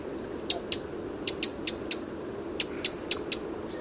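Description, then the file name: Eurasian wren giving sharp, dry ticking calls, about ten clicks delivered in uneven pairs and short runs over four seconds, against a soft steady background hiss. "Troglodytes troglodytes"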